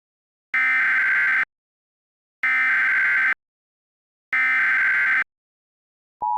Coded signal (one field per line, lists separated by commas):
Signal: Emergency Alert System (SAME) tones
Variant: header bursts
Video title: EAS Scenario: "2nd Civil War" REMASTERED